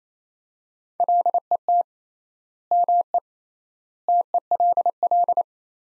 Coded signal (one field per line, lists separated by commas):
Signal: Morse code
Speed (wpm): 28 wpm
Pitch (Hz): 700 Hz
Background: none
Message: LET ME TELL